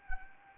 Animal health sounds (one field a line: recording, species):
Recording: mosquito wingbeat signal from an infrared sensor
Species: Anopheles arabiensis